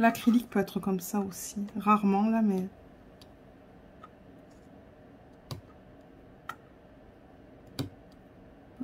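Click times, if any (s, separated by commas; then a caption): 5.5 s, 6.5 s, 7.8 s. Someone talks briefly, then square resin or acrylic diamond painting drills are pressed one by one onto a diamond painting canvas in near silence, with faint ticks at about 3.2 and 4.0 seconds. Sharp clicks follow at 5.5, 6.5 and 7.8 seconds as the drills click into place, engaging well and sitting tight against each other.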